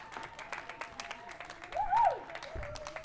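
Audience applause, a steady patter of many hands clapping throughout, swelling slightly near the middle, where a short whistle rises and falls above the clapping.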